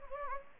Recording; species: mosquito wingbeat signal from an infrared sensor; Anopheles gambiae